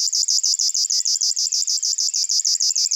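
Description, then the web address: River warbler song, a high, dry, insect-like buzzing of rapid even pulses, about seven per second, steady and unbroken throughout. "Locustella fluviatilis"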